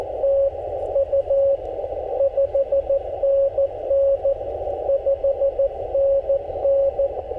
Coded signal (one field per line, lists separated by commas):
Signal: Morse code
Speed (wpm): 19 wpm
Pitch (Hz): 560 Hz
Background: radio noise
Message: TU 5NN 5NN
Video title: CW POTA PILEUPS and DX after a SOLAR STORM! #morsecode #parksontheair #hamradio